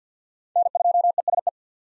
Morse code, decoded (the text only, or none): N2ESE